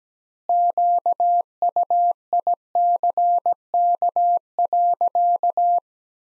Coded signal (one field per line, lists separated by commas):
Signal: Morse code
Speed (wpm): 17 wpm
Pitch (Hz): 700 Hz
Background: none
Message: QUICK.